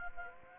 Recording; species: mosquito wingbeat signal from an infrared sensor; Anopheles gambiae